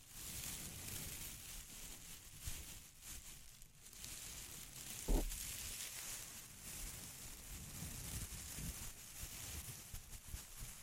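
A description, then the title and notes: Crinkling sounds run through the whole stretch as a dense, steady hiss of fine crackles, bright and busy up top with soft low rumbles underneath. Near the five-second mark a single sharp crack stands out above the rest before the texture continues unchanged. ASMR Intense Close-Up Crinkles (No Talking).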